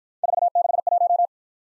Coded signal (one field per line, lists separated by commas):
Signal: Morse code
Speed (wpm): 55 wpm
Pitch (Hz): 700 Hz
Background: none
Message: 461